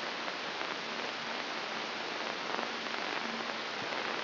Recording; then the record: brain microelectrode recording played as sound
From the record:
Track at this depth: inside the subthalamic nucleus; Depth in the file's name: 2.149 mm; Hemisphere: right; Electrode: 2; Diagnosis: Parkinson's disease